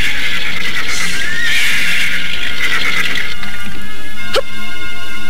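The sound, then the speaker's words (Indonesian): One of two horses entering a royal city whinnies with a high, wavering cry as it stops, over a steady wash of noise, followed by a sharp snort near the end; no one speaks. “dari arah luar kota raja, berderap dua ekor kuda memasuki kota raja.”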